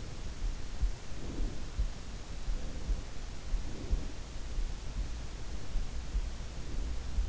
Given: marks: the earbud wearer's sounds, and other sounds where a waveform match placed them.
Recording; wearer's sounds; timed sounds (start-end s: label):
sounds in sleep by an in-ear microphone; breath
0.11-2.12 s: breath
2.41-4.35 s: breath
6.19-7.29 s: breath